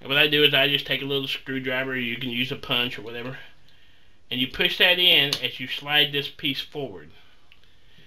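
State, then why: Released. A small screwdriver presses in the retaining button on a Star BM pistol magazine while the floorplate is slid forward on the magazine body. Someone talks throughout, and a small, sharp click is heard at 7.5 s as the floorplate releases free.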